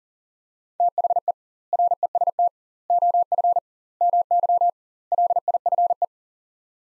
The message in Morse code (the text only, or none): THE REST OF MY LIFE